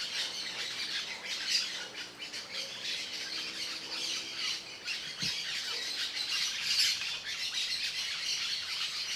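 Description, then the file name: Parakeet flock chattering with a steady wash of shrill squawks and chirps, a brief low thump midway. Many parakeets singing together. "Muitos periquitos cantando"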